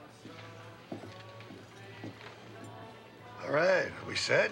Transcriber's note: soundbite of person walking